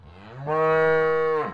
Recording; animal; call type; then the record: contact call of a hoofed animal; cattle; low-frequency (closed-mouth) or high-frequency (open-mouth) call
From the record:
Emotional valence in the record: negative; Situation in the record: full separation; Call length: 1.54 s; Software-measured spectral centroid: 1250 Hz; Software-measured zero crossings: 1320 a second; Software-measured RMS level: -23 dBFS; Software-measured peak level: -11 dBFS